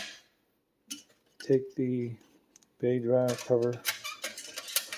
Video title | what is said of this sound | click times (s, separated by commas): Dell Optiplex 7050🖥️Rebuild + Troubleshooting and Solving a DDR4 Ram Issue | just put that back in there like that slide it in till it clicks | 0.9 s